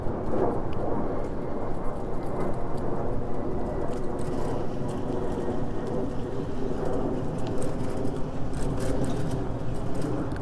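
A bike ride from Orchard Beach, heard as a steady, dense rumble and rush of wind and tires that stays low-pitched throughout. Faint ticking and rattling clicks break through now and then, most noticeably around the middle and near the end.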